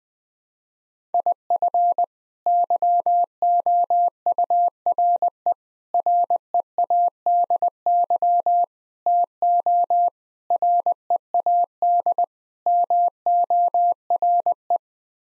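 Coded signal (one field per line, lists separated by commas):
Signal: Morse code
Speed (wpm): 20 wpm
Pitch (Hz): 700 Hz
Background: none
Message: IF YOURE READY TO READ MORE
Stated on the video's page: Head-copy practice: sets of six-word n-grams sent in Morse at 20 wpm.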